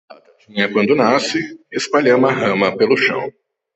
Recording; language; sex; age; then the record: short text; Brazilian Portuguese; male; 30 to 39 years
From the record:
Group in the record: control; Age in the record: 37 years